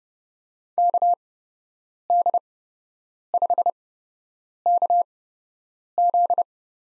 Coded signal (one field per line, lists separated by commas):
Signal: Morse code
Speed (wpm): 30 wpm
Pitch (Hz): 700 Hz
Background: none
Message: KD5KZ